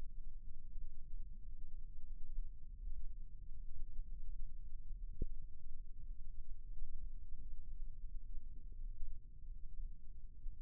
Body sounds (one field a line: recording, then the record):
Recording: forearm muscle sounds (acoustic myography)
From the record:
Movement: rest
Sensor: system 1, eight BSWA MPA416 microphones around the upper forearm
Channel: 5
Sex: female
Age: 21 years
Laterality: right